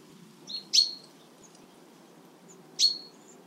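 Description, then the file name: Common chaffinch calls: two sharp, high clipped notes about two seconds apart, the first preceded by a softer short note, over a low steady background hum. "Fringilla coelebs"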